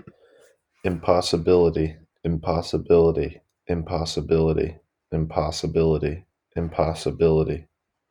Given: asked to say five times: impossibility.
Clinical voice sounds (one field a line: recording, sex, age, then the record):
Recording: repeated word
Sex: male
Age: 20 to 29 years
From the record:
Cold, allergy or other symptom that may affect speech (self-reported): no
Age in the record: 28 years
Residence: New Jersey, United States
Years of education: 12